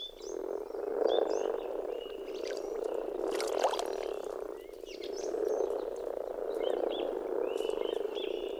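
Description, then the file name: Common frog chorus of soft, rolling croaks, continuous throughout, with bird calls above. "rohukonn"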